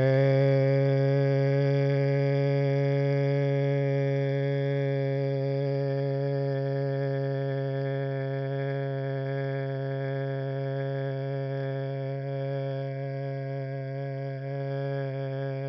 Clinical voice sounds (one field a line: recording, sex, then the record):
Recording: sustained vowel /e/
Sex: male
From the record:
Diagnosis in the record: Parkinson's disease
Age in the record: 70 years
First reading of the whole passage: 68 s, 7.6 characters per second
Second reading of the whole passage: 61 s, 8.4 characters per second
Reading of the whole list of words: 64 s, 4.4 characters per second